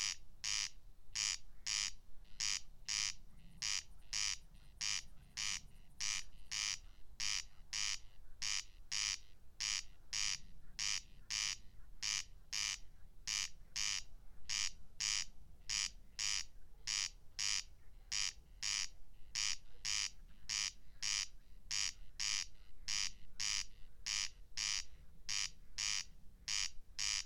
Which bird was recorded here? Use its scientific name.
Crex crex